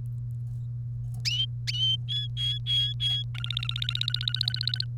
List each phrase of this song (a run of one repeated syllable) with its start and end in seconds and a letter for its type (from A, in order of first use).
2.09-3.23 A, 3.35-4.84 B